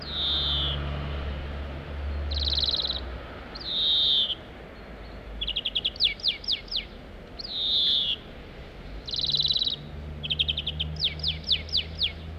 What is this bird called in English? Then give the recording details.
European Greenfinch. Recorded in the wild. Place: Remscheid, Nordrhein-Westfalen, DE. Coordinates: 51.16, 7.15. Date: 1995-03-18. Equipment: Sony WM-D6C. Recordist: Skiba, Reinald. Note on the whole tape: Reinshagen